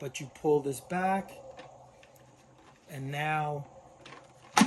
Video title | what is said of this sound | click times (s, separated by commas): Bissell, the difference between the little green and the Hydra pro steamer | come on, once you hear that click like that, you should be able to open it. | 4.6 s